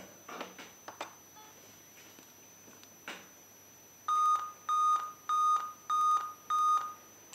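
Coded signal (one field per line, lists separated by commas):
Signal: beep code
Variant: laptop PC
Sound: some clicks and knocks, then five short, evenly spaced mid-pitched beeps, still repeating at the end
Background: handling noise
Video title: How to remove Beep Sound Problem In Laptop PC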